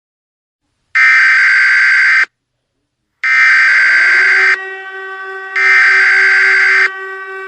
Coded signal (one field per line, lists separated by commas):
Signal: Emergency Alert System (SAME) tones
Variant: header bursts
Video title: EAS SCENARIO 11: Cretaceous and Maelstrom